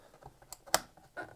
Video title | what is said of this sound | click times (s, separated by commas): 🛠️ SEEEHR viele NEUTEILE! - Die DUAL GOLDEN ONE Plattenspieler Reparatur Teil 2 #reparieren | es irgendwann einrastet an der bestimmten Stelle und | 0.7 s